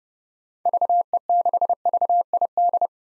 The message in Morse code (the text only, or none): VE6VID